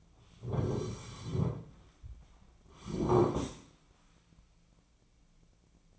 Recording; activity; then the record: daily activity, microphone in the room; sit down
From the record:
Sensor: 1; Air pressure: 1009.3 hPa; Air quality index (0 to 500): 178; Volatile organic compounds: 3 ppm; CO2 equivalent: 1503 ppm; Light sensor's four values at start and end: 43/113/47/56 and 46/122/51/60